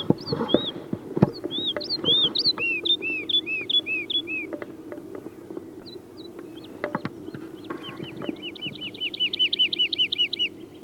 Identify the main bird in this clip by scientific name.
Lullula arborea